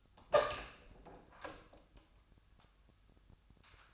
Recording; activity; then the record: daily activity, microphone in the room; open door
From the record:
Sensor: 2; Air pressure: 1007.0 hPa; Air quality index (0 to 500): 197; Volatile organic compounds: 13 ppm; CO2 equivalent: 2418 ppm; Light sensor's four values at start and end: 9/23/9/10 and 10/23/10/10